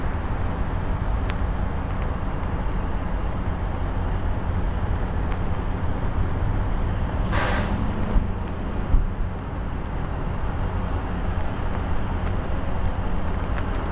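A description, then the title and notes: A flag flaps in the wind over a steady, dense roar of city wind and traffic rumble. Faint ticks and flutters run throughout, and a sharp, bright snap of the flag cuts through around the seven-second mark before the even rushing resumes. Windy Flapping Flag in the City.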